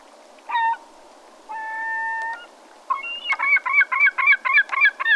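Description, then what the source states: American herring gull calling: a short mewing note, a long drawn wail, then a rapid laughing series of yelping notes. Recorded at Montmagny on 11 November 2012, around 09:11.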